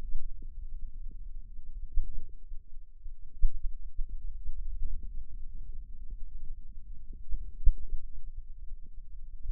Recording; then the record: forearm muscle sounds (acoustic myography)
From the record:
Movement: hand opening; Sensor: system 2, bracelet of six BSWA MPA416 microphones around the upper forearm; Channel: 5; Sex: male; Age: 22 years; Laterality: right